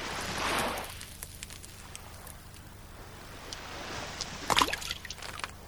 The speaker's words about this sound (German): Die kleinen Wellen, weil ich einen Stein ins Wasser geworfen habe.